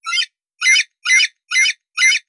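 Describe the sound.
Eagle calls: five short, harsh, high squawks in quick succession, each about a quarter second long, separated by brief silences.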